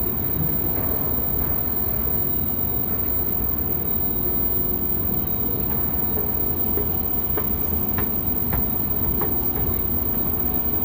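New York City public transit noise: a constant low rumble of a moving train, with faint clicks and clanks scattered throughout.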